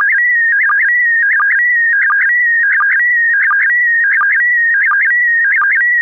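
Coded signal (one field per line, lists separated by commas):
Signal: SSTV (slow-scan television)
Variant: PD90 mode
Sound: warbling electronic tone shifting in pitch with regular short low blips, about 1.5 per second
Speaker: Aan het eind van de uitzending hebben we wel SSTV. SSTV met PD90. SSTV met PD90.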